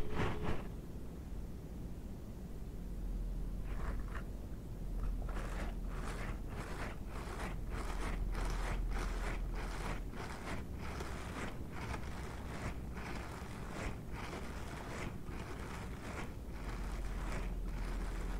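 Dishwashing gloves scratch and rub in quick repeated strokes from about four seconds on, over a steady low rumble that fills the whole clip.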